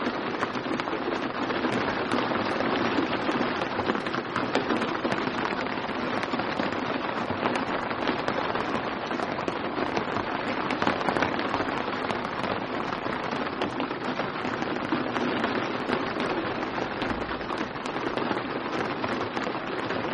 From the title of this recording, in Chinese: 雨声